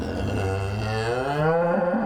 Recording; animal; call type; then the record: contact call of a hoofed animal; cattle; low-frequency (closed-mouth) or high-frequency (open-mouth) call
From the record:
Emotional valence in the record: negative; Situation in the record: full separation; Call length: 2.1 s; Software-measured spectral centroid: 1530 Hz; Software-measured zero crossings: 1280 a second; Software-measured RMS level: -24 dBFS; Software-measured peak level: -11 dBFS